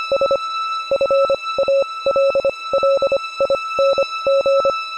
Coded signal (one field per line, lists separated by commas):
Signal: Morse code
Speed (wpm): 25 wpm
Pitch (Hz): 560 Hz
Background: music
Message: S FALLING